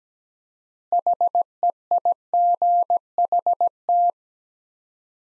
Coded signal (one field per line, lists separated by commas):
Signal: Morse code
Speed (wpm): 17 wpm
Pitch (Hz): 700 Hz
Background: none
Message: HEIGHT